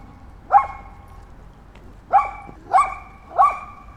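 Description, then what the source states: Small dog giving four sharp, high-pitched barks, one alone and then three in quicker succession, over faint low background rumble. Tiny dog barking in a park.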